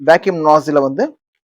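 Someone talks while handling the vacuum nozzle of a mini vacuum packing machine, about to push it into its working position. The speech runs to about 1.1 s and is followed by near-silence with only a tiny faint tick at 1.4 s. Nothing has seated or clicked yet.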